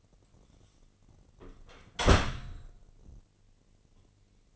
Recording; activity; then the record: daily activity, microphone in the room; close door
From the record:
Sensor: 4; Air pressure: 1013.2 hPa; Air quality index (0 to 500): 178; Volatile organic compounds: 2 ppm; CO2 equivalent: 1124 ppm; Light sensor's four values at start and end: 83/207/86/91 and 69/168/70/71